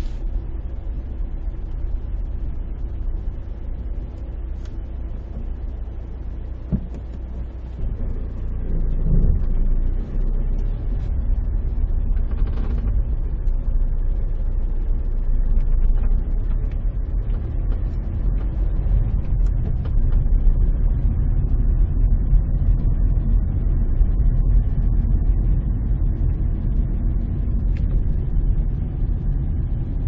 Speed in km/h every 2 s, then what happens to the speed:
5, 4, 3, 0, 0, 6, 5, 5, 10, 13, 18, 19, 18, 18, 18.
0-5 steady at about 4. 5-8 standing. 8-14 steady at about 5. 14-19 speeds up to 18. 19-30 steady at about 18.